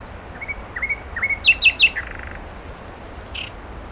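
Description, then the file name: Common nightingale phrase: three upslurred whistles, a sharp triple note, a brief buzzy rattle, then a quick series of high pure notes. "Luscinia megarhynchos"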